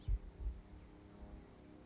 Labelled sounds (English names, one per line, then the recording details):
House Finch
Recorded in Sonoma County, California